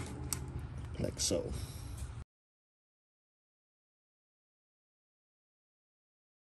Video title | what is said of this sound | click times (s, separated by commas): Acura TLX Rear Brake and Rotor Replacement | reconnect the electrical pigtail connector until you hear it click | 0.3 s